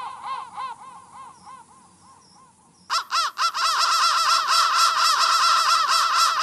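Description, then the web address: Crow caws: a few soft harsh calls and a quiet stretch, then loud, rapid, overlapping cawing from about three seconds onward. "soundfactory crow"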